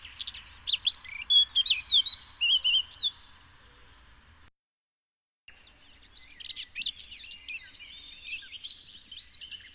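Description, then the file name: Eurasian blackcap singing a rapid, varied warble of fluty whistles and chattering notes for three seconds, a quieter stretch, a brief silence, then a looser run of scratchy twittering. "Sylvia atricapilla"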